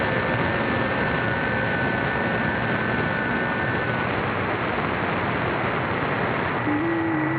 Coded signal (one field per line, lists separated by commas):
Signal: FT8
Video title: The Old Tube Radio Network LIVE August 21, 2021